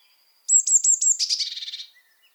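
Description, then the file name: Eurasian blue tit call: four or five high, thin notes quickly followed by a buzzy churr. "Cyanistes caeruleus"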